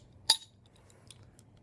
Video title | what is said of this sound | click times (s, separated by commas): Tricon Sprayers - V-C-125-WRK O-Ring Kit Rebuild Instructions | gently pull the other side over you'll hear a snap as it pops into place and | 0.3 s